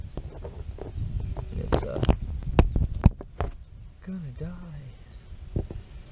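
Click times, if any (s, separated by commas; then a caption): none. Outdoors, a power cable is being plugged into a camera because the camera's battery is dying. Someone talks over soft handling rustle and a few sharp knocks, the loudest near 2.6, 3.0 and 3.4 seconds. The plug has not yet seated or clicked into the camera by the end of the clip.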